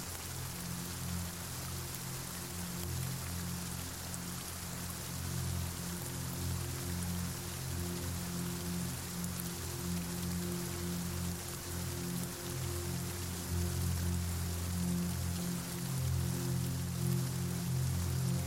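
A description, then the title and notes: Steady rain hisses densely across the clip while low, sustained musical tones hum underneath, slowly growing a little louder toward the end. After the Rain: Music And Sound For Sleep. Relaxing rain with music.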